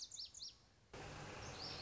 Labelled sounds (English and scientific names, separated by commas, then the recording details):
Lazuli Bunting (Passerina amoena)
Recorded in Sonoma County, California